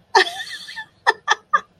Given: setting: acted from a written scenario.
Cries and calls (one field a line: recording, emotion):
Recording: vocal sound without words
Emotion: amusement